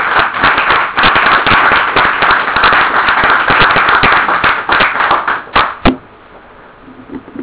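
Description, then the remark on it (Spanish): An audience applauds at the end of a talk, with dense, steady clapping that holds strong for about six seconds, then cuts off sharply, leaving only a few faint scattered claps. “Non me aplaudas.”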